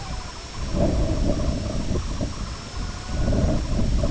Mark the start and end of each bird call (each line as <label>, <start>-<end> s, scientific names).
Gavia stellata, 0.00-0.56 s
Calidris alba, 0.00-4.11 s
Gavia stellata, 2.42-3.67 s